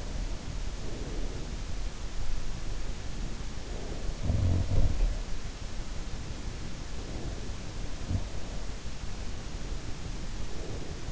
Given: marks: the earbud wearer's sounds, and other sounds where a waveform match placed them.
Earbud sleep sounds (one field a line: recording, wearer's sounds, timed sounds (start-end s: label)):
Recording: sounds in sleep by an in-ear microphone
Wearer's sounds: breath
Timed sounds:
0.00-1.65 s: breath
2.76-4.12 s: breath
3.93-5.39 s: sound from someone else or the room
6.71-8.59 s: breath
8.04-8.30 s: sound from someone else or the room
9.29-11.12 s: breath